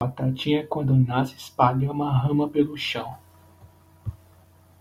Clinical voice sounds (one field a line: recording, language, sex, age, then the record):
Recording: short text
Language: Brazilian Portuguese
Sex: male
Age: 20 to 29 years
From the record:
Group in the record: control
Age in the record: 22 years